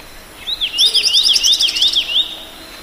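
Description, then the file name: Tit song: a quick run of five or six arched, whistled notes repeated rapidly, with thin, very high ticking notes layered above. "periparus amabilis"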